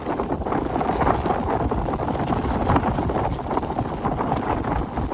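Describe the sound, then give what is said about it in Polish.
Strong wind roars steadily over the open water of a large lake in Great Britain, a dense, unbroken rush of noise with gusty low rumbles buffeting throughout and no voices. “Zerwał się silny wiatr.”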